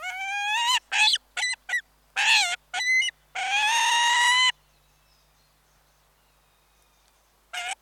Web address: falcon peregrine close annoyance and chirrup calls